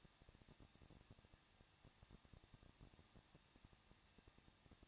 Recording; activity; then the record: daily activity, microphone in the room; no activity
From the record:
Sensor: 3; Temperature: 21.2 degrees Celsius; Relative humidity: 36.2%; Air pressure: 1006.6 hPa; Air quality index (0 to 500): 220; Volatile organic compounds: 39 ppm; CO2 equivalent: 3129 ppm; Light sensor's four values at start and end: 2/3/2/2 and 2/3/2/2